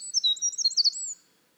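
Winter wren song, a dense burst of very high rapid warbled notes and trills, lasting just over a second before stopping.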